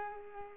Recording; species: mosquito wingbeat signal from an infrared sensor; Culex pipiens